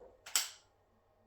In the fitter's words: And you'll hear that click.